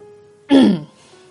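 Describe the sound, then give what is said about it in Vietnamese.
One short, dry cough from a young man, a rough throaty burst with a slight voiced rasp, clear and fairly loud against a quiet background with a faint steady hum. “Cậu vội vàng buông tay của mình ra khỏi người cô, ho khan mấy tiếng.”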